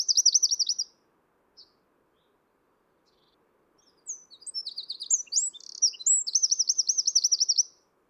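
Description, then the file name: Eurasian wren song: a trill ends at the start, then after a quiet gap a fresh burst of sharp chirps building into a long, fast repeated trill. "Troglodytes troglodytes"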